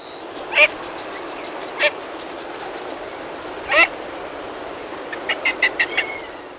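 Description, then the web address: Andean teal giving short, sharp calls spaced a second or two apart, then a quick run of five clipped notes near the end, over a steady background hiss. Ecuador. "Birds of Ecuador. Andean Teal"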